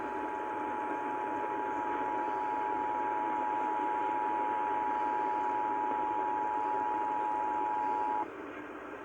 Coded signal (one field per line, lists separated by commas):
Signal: Emergency Alert System (SAME) tones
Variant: 853 and 960 Hz attention tone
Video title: Paducah Why?... | EAS Alerts From 6/8-9/2021 (EAS #609-620)